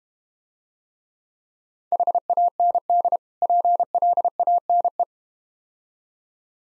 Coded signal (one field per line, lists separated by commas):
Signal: Morse code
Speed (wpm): 31 wpm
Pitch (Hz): 700 Hz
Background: none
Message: HAND PLANE